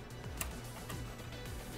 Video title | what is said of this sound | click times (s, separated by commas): HP STITCH S500 - Tips & Tricks For Printing HP's Dye Sublimation Printer | now we have this locked into place | 0.4 s